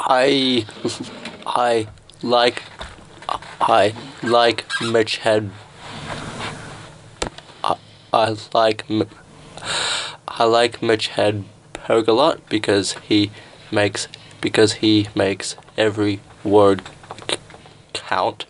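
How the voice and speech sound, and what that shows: An adult male comedian who stutters repeatedly restarts his sentence: "I… I… like… I like," then "because he makes, because he makes," with stretched vowels and long silent gaps before finishing. These whole-word and phrase repetitions, prolongations and pauses are typical of stuttering.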